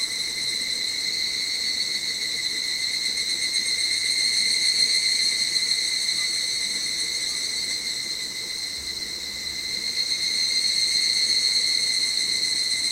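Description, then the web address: Evening cicada song: sustained high metallic ringing with rapid pulsing texture, swelling gently in the middle and again near the end. On 25 July 2010, captured with a digital camera. "07252010 higurashi"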